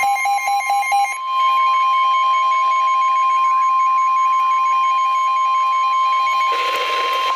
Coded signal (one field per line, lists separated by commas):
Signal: Emergency Alert System (SAME) tones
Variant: 1050 Hz attention tone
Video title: Flash Flood Warning for Howard and Montgomery, MD [EAS 963-966] | NOAA Weather Radio (7/20/2013)